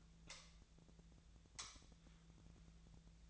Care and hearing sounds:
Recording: daily activity, microphone in the room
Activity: light on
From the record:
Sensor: 3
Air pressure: 1009.7 hPa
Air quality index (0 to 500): 191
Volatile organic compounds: 15 ppm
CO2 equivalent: 2480 ppm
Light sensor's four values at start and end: 39/96/41/44 and 45/119/50/51

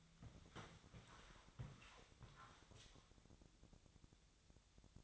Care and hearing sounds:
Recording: daily activity, microphone in the room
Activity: walk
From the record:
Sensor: 3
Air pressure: 1000.5 hPa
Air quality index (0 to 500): 168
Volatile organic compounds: 3 ppm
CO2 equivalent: 1464 ppm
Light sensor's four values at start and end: 18/47/19/20 and 18/45/18/20

